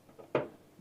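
A CPU power cable plug is pushed into the header at the back of a motherboard until its latch clicks in. A faint tap is heard at 0.2 s, then a sharp, clear click at 0.3 s that fades quickly. The connector is seated.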